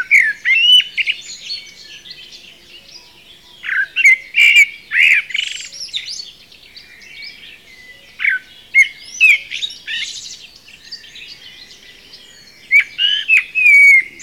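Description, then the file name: Common blackbird delivering four phrases of mellow whistles and sharp high twitters, each burst lasting one or two seconds with short silences between. "Turdus merula"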